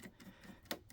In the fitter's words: You'll know it's done because you hear it clicking like that.